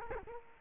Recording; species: mosquito wingbeat signal from an infrared sensor; Culex quinquefasciatus